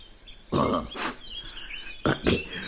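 A pig grunts four times in two quick pairs, each a short, rough, snorting burst over a faint background hiss, with no talking.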